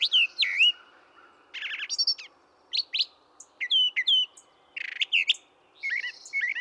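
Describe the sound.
Brown thrasher song of mixed phrases: a slurred whistle, buzzy trills, repeated downslurred notes and a harsh raspy note, delivered in quick succession.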